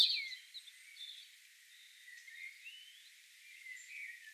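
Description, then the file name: European robin song: faint, thin high whistled notes in varied snatches, some rising and some falling, separated by short pauses. "Erithacus rubecula"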